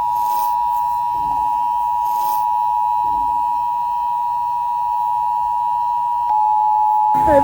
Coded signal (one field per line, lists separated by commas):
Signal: Emergency Alert System (SAME) tones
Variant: 853 and 960 Hz attention tone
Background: speech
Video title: EAS Scenario - Mass Volcano Eruption (Read The Description)